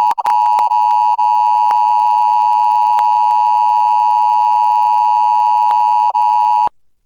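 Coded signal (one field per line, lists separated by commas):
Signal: Emergency Alert System (SAME) tones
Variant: 853 and 960 Hz attention tone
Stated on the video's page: Required weekly test relayed by an Oregon public radio digital TV subchannel, recorded off-air via digital tuner and HD TV antenna, with reception hiccups.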